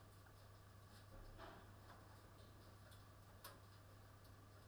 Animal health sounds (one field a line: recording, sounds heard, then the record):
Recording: poultry house recording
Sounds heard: no chicken sound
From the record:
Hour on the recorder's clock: 20